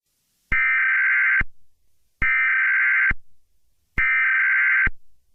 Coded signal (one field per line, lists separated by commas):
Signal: Emergency Alert System (SAME) tones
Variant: header bursts